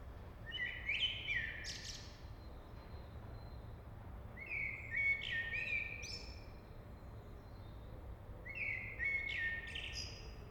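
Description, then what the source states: Common blackbird song: three fluty, warbled phrases a few seconds apart, each closing with squeaky high notes, over a steady low background hum. Recorded in a city at 8 am.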